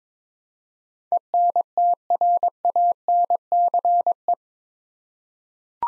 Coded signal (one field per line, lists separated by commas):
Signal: Morse code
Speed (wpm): 22 wpm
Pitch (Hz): 700 Hz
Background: none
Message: ENTRANCE